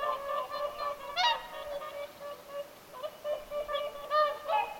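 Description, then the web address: Whooper swans giving repeated nasal, trumpeting honks, a few birds overlapping. Whooper swans calling at Lintulahti, 6 November 2025. "paivat 6 11 2025 laulujoutsenten aantelya lintulahdella"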